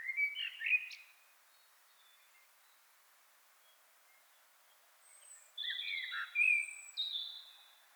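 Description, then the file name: Common blackbird song with a short mellow warble, a long silence, then a second phrase ending in squeaky high twitters. "Turdus merula"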